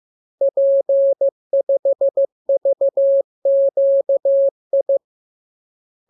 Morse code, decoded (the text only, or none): P5VQI